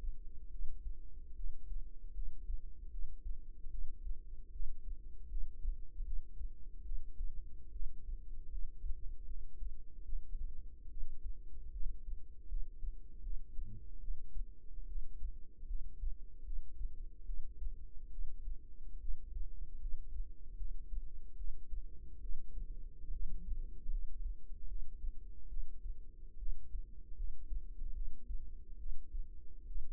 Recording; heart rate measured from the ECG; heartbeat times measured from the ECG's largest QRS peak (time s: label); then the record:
heart sounds by microphone in the right ear; 74 bpm
0.50 s: heartbeat
1.36 s: heartbeat
2.14 s: heartbeat
2.90 s: heartbeat
3.70 s: heartbeat
4.51 s: heartbeat
5.29 s: heartbeat
6.04 s: heartbeat
6.83 s: heartbeat
7.72 s: heartbeat
8.50 s: heartbeat
9.26 s: heartbeat
10.04 s: heartbeat
10.89 s: heartbeat
11.72 s: heartbeat
12.48 s: heartbeat
13.22 s: heartbeat
13.99 s: heartbeat
14.87 s: heartbeat
15.67 s: heartbeat
16.44 s: heartbeat
17.25 s: heartbeat
18.10 s: heartbeat
19.00 s: heartbeat
19.79 s: heartbeat
20.57 s: heartbeat
21.36 s: heartbeat
22.20 s: heartbeat
23.11 s: heartbeat
23.90 s: heartbeat
24.67 s: heartbeat
25.48 s: heartbeat
26.38 s: heartbeat
27.15 s: heartbeat
27.93 s: heartbeat
28.77 s: heartbeat
29.66 s: heartbeat
From the record:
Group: healthy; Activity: rest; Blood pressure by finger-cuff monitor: 138/81 mmHg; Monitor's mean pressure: 99 mmHg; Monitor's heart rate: 76 bpm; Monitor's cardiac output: 6.9 L/min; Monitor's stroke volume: 94 mL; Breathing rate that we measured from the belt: 17 breaths a minute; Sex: female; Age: 22 years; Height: 161 cm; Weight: 65.5 kg